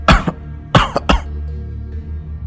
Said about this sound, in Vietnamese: Thầy … càng nói thì lại càng ho nhiều hơn.